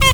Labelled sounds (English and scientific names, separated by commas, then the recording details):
Zebra Finch (Taeniopygia guttata) stack call
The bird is a female
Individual fem11